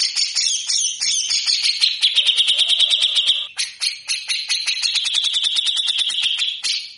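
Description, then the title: Grey-cheeked bulbul in fast, scratchy chattering bursts, notes tumbling in quick succession, with a short break just before the fourth second. Bird singing actively (gacor) for cage-bird training (masteran), full of harsh rapid chatter (besetan kasar). "MASTERAN CUCAK JENGGOT GACOR FULL BESETAN KASAR DURASI PANJANG"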